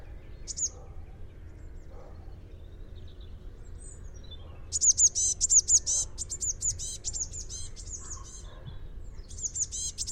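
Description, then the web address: Eurasian blue tit with a brief high note, then a longer run of rapid, buzzy chattering calls midway and another short burst at the end, over soft background noise. "Deverinetal 2025 File origin Bird Only Cy Ca"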